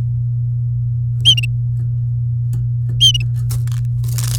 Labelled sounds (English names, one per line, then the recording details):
Domestic Canary song
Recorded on 3 May 2018 at 16:48
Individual llb16